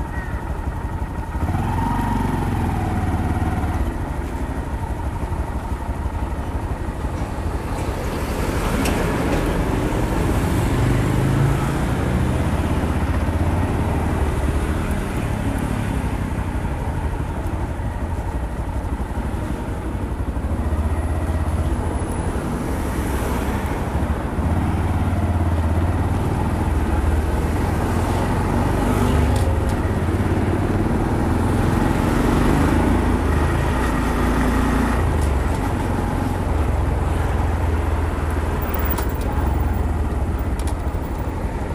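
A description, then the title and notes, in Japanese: A motorcycle ridden without speaking, its engine a steady low rumble that holds level for the whole ride. Mild shifts in pitch come and go as it speeds up and eases off, with a few brief rises around nine and thirty seconds. 無言でバイクを走らせました。周りの車の音なども入っています。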